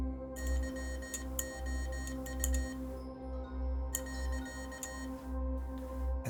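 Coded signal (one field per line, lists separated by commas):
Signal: Morse code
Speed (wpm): 18 wpm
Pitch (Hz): 1850 Hz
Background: music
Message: YOU .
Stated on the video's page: Morse code remix of a song, tapped out on a transmitter by a fictional character; a comedic recreation.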